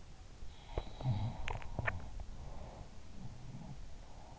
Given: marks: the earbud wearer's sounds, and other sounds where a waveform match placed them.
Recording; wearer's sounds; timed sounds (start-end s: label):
sounds in sleep by an in-ear microphone; teeth grinding
0.38-3.72 s: sound from someone else or the room
0.58-2.05 s: teeth grinding